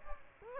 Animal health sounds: mosquito wingbeat signal from an infrared sensor; Aedes aegypti

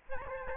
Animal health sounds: mosquito wingbeat signal from an infrared sensor; Aedes albopictus

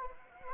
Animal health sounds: mosquito wingbeat signal from an infrared sensor; Anopheles gambiae

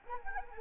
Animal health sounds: mosquito wingbeat signal from an infrared sensor; Anopheles arabiensis

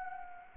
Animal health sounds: mosquito wingbeat signal from an infrared sensor; Anopheles arabiensis

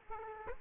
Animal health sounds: mosquito wingbeat signal from an infrared sensor; Aedes aegypti

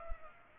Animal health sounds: mosquito wingbeat signal from an infrared sensor; Culex pipiens

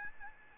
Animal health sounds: mosquito wingbeat signal from an infrared sensor; Aedes albopictus

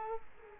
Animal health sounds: mosquito wingbeat signal from an infrared sensor; Culex quinquefasciatus

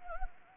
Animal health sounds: mosquito wingbeat signal from an infrared sensor; Anopheles gambiae

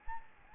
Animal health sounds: mosquito wingbeat signal from an infrared sensor; Aedes albopictus

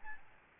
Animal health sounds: mosquito wingbeat signal from an infrared sensor; Aedes albopictus

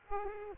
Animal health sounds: mosquito wingbeat signal from an infrared sensor; Aedes aegypti

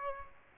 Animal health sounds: mosquito wingbeat signal from an infrared sensor; Aedes aegypti

